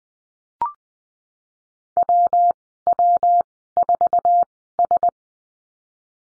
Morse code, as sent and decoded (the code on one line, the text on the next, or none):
.-- .-- ....- ...
WW4S